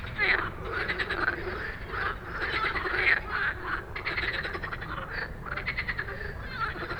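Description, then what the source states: Frogs in a thick chorus of buzzy rattling croaks and occasional sharper squeaks, steady throughout. Dense evening frog chorus after dark in Stromovka Park, Prague, many frogs calling; 18 May 2022 from 22:08, recorded with a Sony PCM-D100.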